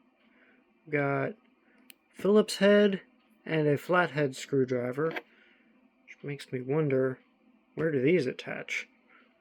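Someone talks while handling Phillips and flathead screwdriver bits, working out where they attach on a metal multi-tool. Only speech is heard over a low background hum. The bit has not clicked into the multi-tool holder yet.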